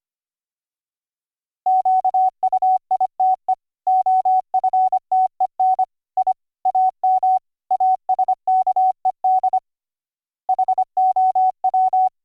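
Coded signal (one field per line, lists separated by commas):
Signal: Morse code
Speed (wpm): 25 wpm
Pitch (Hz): 750 Hz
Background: none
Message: QUITE OFTEN I AM ASKED HOW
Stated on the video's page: Morse audio played by logging software, routed through virtual audio cables with a resampling script to fix dropped audio buffers.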